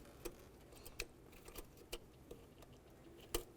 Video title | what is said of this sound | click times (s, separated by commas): How to Replace Upper Intake Gasket 2009-2020 Dodge Journey | Line it up, press it in, listen for that click, give it a tug, lock it. | 3.4 s